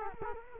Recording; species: mosquito wingbeat signal from an infrared sensor; Culex quinquefasciatus